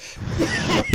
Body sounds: coughing mixed with background sound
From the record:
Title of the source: Dry Afternoon Cough

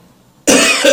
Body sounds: coughing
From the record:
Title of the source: Spring Cold Coughing.

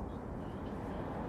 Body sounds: background sound without coughing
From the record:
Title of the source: Train Ride Ambience ambient white noise for sleeping, focus, studying, reading

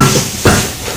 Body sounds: coughing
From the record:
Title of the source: Mid-morning Winter Coughing Fit

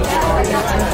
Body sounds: background sound without coughing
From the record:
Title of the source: Nightlife Party Simulating Party Club Noise 1 Hour

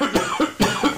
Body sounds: coughing mixed with background sound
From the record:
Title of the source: Spring Allergy Coughing

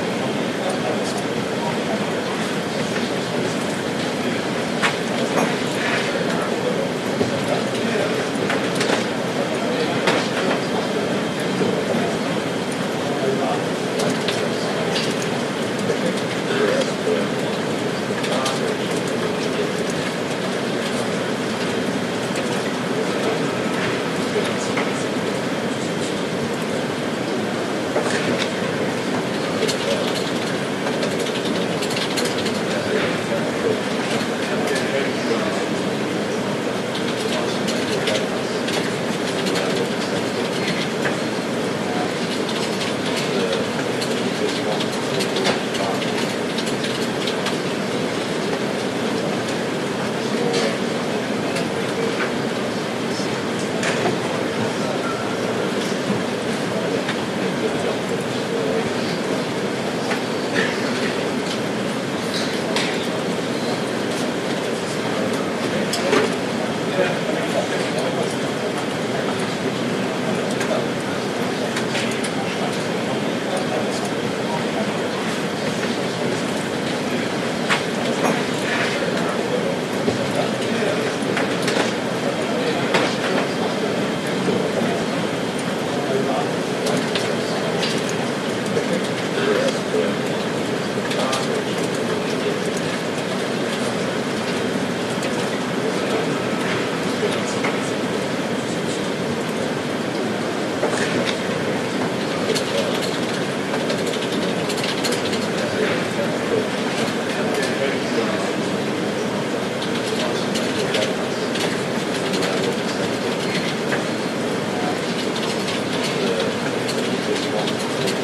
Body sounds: background sound without coughing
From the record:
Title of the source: Office Sounds Ambience - Background Noise for Study and Work

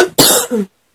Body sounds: coughing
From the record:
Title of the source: 30 Chesty and wet cough

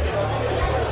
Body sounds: background sound without coughing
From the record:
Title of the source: CITY SOUNDS Busy Bar in the Evening Night - 2 HOURS of Ambiance for Relaxation

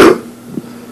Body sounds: coughing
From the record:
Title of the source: Coughing 77

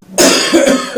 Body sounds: coughing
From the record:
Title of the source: Residual Phlegmy Morning Coughing and Gagging

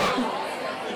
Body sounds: coughing mixed with background sound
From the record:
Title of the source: Barking cough - # 10

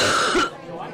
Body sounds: coughing mixed with background sound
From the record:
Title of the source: female coughing - coughing sound effects girl

